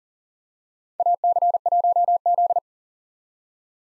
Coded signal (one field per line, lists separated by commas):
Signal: Morse code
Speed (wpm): 40 wpm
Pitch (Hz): 700 Hz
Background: none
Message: AC1Z